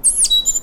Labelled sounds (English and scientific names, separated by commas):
Stitchbird (Notiomystis cincta) song